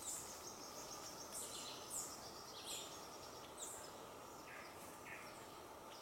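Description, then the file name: Dusky-throated hermit calls: thin, high squeaky notes repeated irregularly about once a second, over a steady background hiss. "Rabo branco pequeno"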